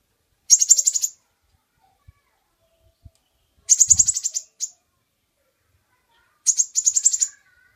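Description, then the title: Bird song of three high rattling trills spaced a few seconds apart, with faint low knocks. Master recording of birdsong, used for training songbirds. "Master Burung Jos"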